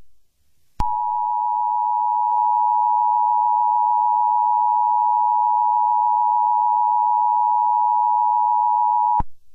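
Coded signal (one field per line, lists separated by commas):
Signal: Emergency Alert System (SAME) tones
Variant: 853 and 960 Hz attention tone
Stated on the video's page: Fictional EAS scenario containing valid EAS tones.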